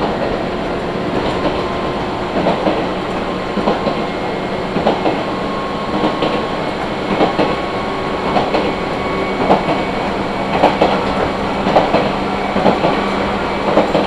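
A train ride on the Izuhakone Railway and the Tokaido Line near Mishima: a steady, dense rumble of wheels on track fills the whole clip. Rail joints click at a fairly regular pace, roughly once a second, over a faint, level motor whine.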